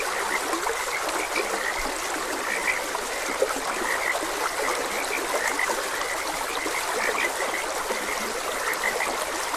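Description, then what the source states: Frog: a steady chorus of frogs with many short croaks over constant stream hiss. Frogs croaking beside a gentle stream.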